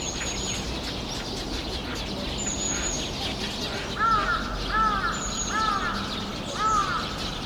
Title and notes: 대한민국 서울특별시 서초구 잠원동 85-Sinbanpo Apt, A Flock of Birds. Sinbanpo Apt, a flock of birds making noise 신반포아파트, 나무 위의 새떼들